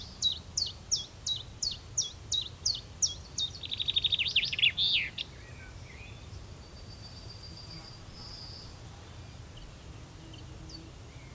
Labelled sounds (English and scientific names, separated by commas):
Common Chaffinch (Fringilla coelebs) song